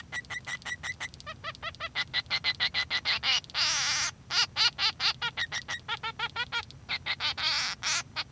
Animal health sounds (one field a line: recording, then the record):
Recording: song of a male Bengalese finch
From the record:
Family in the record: son of father 3